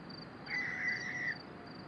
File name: Madeira Barn Owl Five recordings of perennial screeches